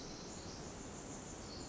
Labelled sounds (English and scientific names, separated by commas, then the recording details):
Pacific Wren (Troglodytes pacificus)
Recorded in Sonoma County, California